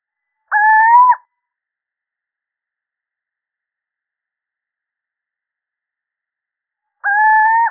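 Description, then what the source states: Little owl calling twice, each a plaintive, gently rising hoot under a second long, spaced about six seconds apart against a silent background. Male.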